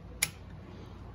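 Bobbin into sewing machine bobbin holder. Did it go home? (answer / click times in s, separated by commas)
yes / 0.2 s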